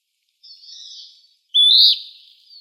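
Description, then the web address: Western wood-pewee calling: a faint hoarse note, then after a pause a louder burry call that slurs upward and fades with a short downward tail. Recorded in Arizona; date given as 27 July 2006. "Flycatchers AZFO WEWP 072706"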